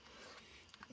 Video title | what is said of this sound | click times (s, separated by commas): Millennium Falcon Issues 16 and 17 | click into place situation that just happened | 0.7 s, 0.8 s